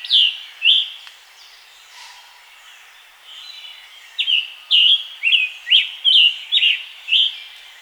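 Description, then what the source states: Scarlet tanager song with two hoarse notes, a pause, then a quick run of about seven raspy, slurred phrases. Scarlet tanager singing in its environment, Pennsylvania.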